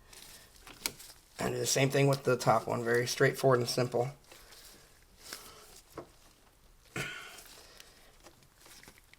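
On an SL55 AMG during a tune-up, the top spark plug wire boot is worked onto the ignition coil the same way as the bottom one. Someone talks, with a sharp tap near 0.9 s and handling noises around 5.3 s, 6.0 s and a louder burst at 7.0 s. The clip ends before the boot goes home, so nothing has seated or clicked yet.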